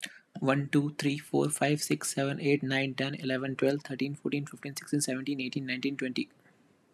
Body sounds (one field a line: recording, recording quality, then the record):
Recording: counting at a fast pace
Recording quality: excellent, no background noise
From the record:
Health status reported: healthy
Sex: male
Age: 26 years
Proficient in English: yes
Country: India